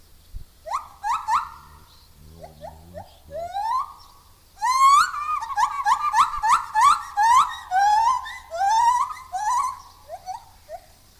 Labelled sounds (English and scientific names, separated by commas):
Lar Gibbon (Hylobates lar) call